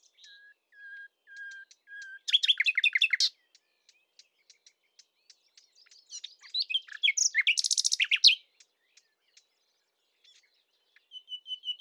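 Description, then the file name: Common nightingale singing: several soft, low, level whistles, then a rapid, loud burst of chattering notes, spaced clicks, and a second fast, rattling series with a buzzy ending. "Luscinia megarhynchos"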